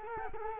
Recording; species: mosquito wingbeat signal from an infrared sensor; Culex quinquefasciatus